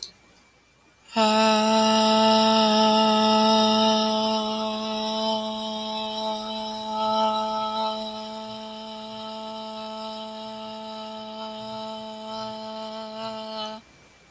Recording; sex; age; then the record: vowel held as long as possible; female; 30 to 39 years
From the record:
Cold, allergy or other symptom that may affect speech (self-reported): no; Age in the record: 30 years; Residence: Minnesota, United States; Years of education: 17